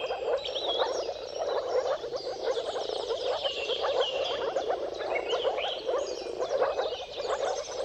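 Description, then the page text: Moor frogs calling in a thick bubbling chorus, low muffled pulses overlapping, with birds singing high whistled phrases above. Chorus of moor frogs giving mating calls at sunrise, at the turn of March and April depending on the weather. "Dawn’s Chorus: Mating Calls of Marsh Frogs at Sunrise. Depending on the weather at the turn of March and April, you can witness an amazing spectacle of moor frogs. earth-fm Jakub-Orzecki moor frogs"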